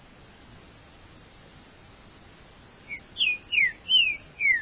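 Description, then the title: Green-winged saltator song: mostly quiet at first, then near the end a soft short note and four full whistled notes sliding downward. "Trinca Ferro"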